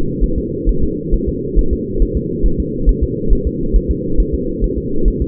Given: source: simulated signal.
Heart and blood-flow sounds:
fetal heart sounds
0.23 s: S1
0.38 s: S2
0.69 s: S1
0.84 s: S2
1.14 s: S1
1.29 s: S2
1.59 s: S1
1.73 s: S2
2.02 s: S1
2.17 s: S2
2.46 s: S1
2.60 s: S2
2.89 s: S1
3.03 s: S2
3.33 s: S1
3.47 s: S2
3.76 s: S1
3.91 s: S2
4.20 s: S1
4.34 s: S2
4.64 s: S1
4.78 s: S2
5.08 s: S1
5.22 s: S2
From the record:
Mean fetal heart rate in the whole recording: 135 bpm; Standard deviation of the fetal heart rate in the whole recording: 3 bpm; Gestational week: 36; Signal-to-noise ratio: -8.1 dB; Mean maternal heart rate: 72 bpm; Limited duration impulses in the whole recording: absent

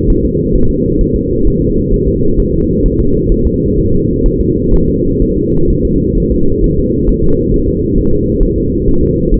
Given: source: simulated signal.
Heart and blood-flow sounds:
fetal heart sounds
0.10 s: S1
0.25 s: S2
0.55 s: S1
0.70 s: S2
1.01 s: S1
1.16 s: S2
1.47 s: S1
1.62 s: S2
1.94 s: S1
2.08 s: S2
2.40 s: S1
2.54 s: S2
2.86 s: S1
3.00 s: S2
3.32 s: S1
3.47 s: S2
3.78 s: S1
3.93 s: S2
4.26 s: S1
4.41 s: S2
4.74 s: S1
4.88 s: S2
5.22 s: S1
5.37 s: S2
5.70 s: S1
5.85 s: S2
6.18 s: S1
6.32 s: S2
6.64 s: S1
6.78 s: S2
7.09 s: S1
7.24 s: S2
7.54 s: S1
7.68 s: S2
7.98 s: S1
8.13 s: S2
8.43 s: S1
8.58 s: S2
8.88 s: S1
9.03 s: S2
9.34 s: S1
From the record:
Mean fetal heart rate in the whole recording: 130 bpm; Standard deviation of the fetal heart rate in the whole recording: 4 bpm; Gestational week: 38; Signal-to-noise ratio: -16.4 dB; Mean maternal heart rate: 72 bpm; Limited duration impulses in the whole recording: present

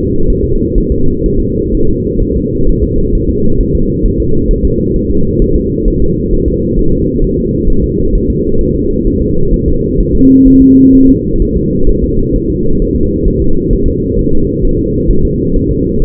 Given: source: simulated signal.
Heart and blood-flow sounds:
fetal heart sounds
0.30 s: S1
0.44 s: S2
0.78 s: S1
0.92 s: S2
1.26 s: S1
1.40 s: S2
1.75 s: S1
1.89 s: S2
2.22 s: S1
2.37 s: S2
2.69 s: S1
2.84 s: S2
3.15 s: S1
3.30 s: S2
3.61 s: S1
3.75 s: S2
4.06 s: S1
4.20 s: S2
4.51 s: S1
4.65 s: S2
4.96 s: S1
5.11 s: S2
5.42 s: S1
5.56 s: S2
5.88 s: S1
6.02 s: S2
6.33 s: S1
6.48 s: S2
6.79 s: S1
6.93 s: S2
7.24 s: S1
7.39 s: S2
7.70 s: S1
7.84 s: S2
8.15 s: S1
8.30 s: S2
8.61 s: S1
8.75 s: S2
9.07 s: S1
9.22 s: S2
9.54 s: S1
9.68 s: S2
10.00 s: S1
10.15 s: S2
10.48 s: S1
10.62 s: S2
10.95 s: S1
11.09 s: S2
11.42 s: S1
11.57 s: S2
11.89 s: S1
12.04 s: S2
12.36 s: S1
12.50 s: S2
12.82 s: S1
12.96 s: S2
13.28 s: S1
13.42 s: S2
13.73 s: S1
13.88 s: S2
14.19 s: S1
14.33 s: S2
14.65 s: S1
14.79 s: S2
15.11 s: S1
15.25 s: S2
15.56 s: S1
15.71 s: S2
16.02 s: S1
From the record:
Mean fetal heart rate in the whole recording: 130 bpm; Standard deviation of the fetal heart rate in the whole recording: 4 bpm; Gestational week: 38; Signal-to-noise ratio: -17.7 dB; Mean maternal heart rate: 72 bpm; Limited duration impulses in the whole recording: present

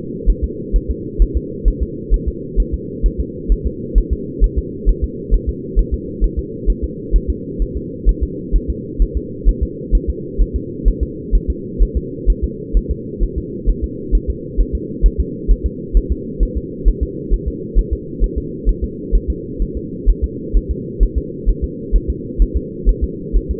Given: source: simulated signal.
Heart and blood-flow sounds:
fetal heart sounds
0.30 s: S1
0.44 s: S2
0.76 s: S1
0.90 s: S2
1.22 s: S1
1.37 s: S2
1.68 s: S1
1.82 s: S2
2.14 s: S1
2.28 s: S2
2.60 s: S1
2.74 s: S2
3.06 s: S1
3.20 s: S2
3.52 s: S1
3.67 s: S2
3.98 s: S1
4.13 s: S2
4.44 s: S1
4.58 s: S2
4.89 s: S1
5.04 s: S2
5.34 s: S1
5.49 s: S2
5.79 s: S1
5.94 s: S2
6.24 s: S1
6.39 s: S2
6.70 s: S1
6.84 s: S2
7.16 s: S1
7.30 s: S2
7.62 s: S1
7.77 s: S2
8.09 s: S1
8.23 s: S2
8.56 s: S1
8.70 s: S2
9.02 s: S1
9.17 s: S2
9.49 s: S1
9.63 s: S2
9.95 s: S1
10.10 s: S2
10.42 s: S1
10.56 s: S2
10.88 s: S1
11.03 s: S2
11.35 s: S1
11.50 s: S2
11.83 s: S1
11.97 s: S2
12.30 s: S1
12.44 s: S2
12.77 s: S1
12.91 s: S2
13.23 s: S1
13.38 s: S2
13.69 s: S1
13.84 s: S2
14.15 s: S1
14.30 s: S2
14.60 s: S1
14.75 s: S2
15.06 s: S1
15.20 s: S2
15.51 s: S1
15.66 s: S2
15.97 s: S1
16.12 s: S2
16.43 s: S1
16.57 s: S2
16.88 s: S1
17.03 s: S2
17.34 s: S1
17.48 s: S2
17.79 s: S1
17.93 s: S2
18.24 s: S1
18.38 s: S2
18.69 s: S1
18.84 s: S2
19.15 s: S1
19.30 s: S2
19.62 s: S1
19.77 s: S2
20.09 s: S1
20.24 s: S2
20.56 s: S1
20.71 s: S2
21.03 s: S1
21.18 s: S2
21.49 s: S1
21.64 s: S2
21.95 s: S1
22.10 s: S2
22.42 s: S1
22.57 s: S2
22.89 s: S1
23.04 s: S2
23.36 s: S1
23.51 s: S2
From the record:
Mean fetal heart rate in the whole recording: 130 bpm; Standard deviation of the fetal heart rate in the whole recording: 2 bpm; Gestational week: 36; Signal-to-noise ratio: -4.1 dB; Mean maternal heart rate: no maternal heart sound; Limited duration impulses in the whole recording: absent

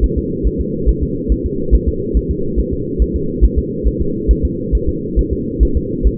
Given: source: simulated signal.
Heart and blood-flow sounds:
fetal heart sounds
0.04 s: S1
0.18 s: S2
0.47 s: S1
0.61 s: S2
0.89 s: S1
1.03 s: S2
1.32 s: S1
1.46 s: S2
1.75 s: S1
1.89 s: S2
2.17 s: S1
2.31 s: S2
2.59 s: S1
2.73 s: S2
3.02 s: S1
3.16 s: S2
3.44 s: S1
3.58 s: S2
3.88 s: S1
4.01 s: S2
4.31 s: S1
4.45 s: S2
4.75 s: S1
4.89 s: S2
5.19 s: S1
5.33 s: S2
5.63 s: S1
5.77 s: S2
6.07 s: S1
From the record:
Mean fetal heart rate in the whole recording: 140 bpm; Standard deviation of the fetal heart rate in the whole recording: 2 bpm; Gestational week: 34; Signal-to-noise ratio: -6.6 dB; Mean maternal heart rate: 72 bpm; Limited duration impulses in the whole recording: present

